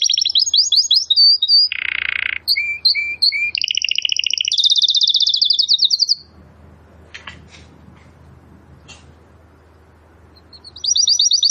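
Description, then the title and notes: Domestic canary song: fast high trills, a buzzy burst and short whistled notes for six seconds, then near silence before the trill resumes. Belgian canary singing; labelled 'Campainha'. "Canário Belga Campainha Canary Singing. Canario Belga Cantando"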